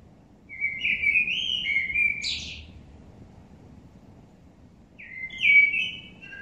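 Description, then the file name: Common blackbird delivering a melodious fluted phrase ending in a high scratchy note, then a short pause and the start of another fluted phrase. "Turdus merula"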